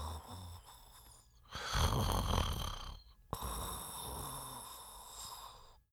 Male sleep snore calm.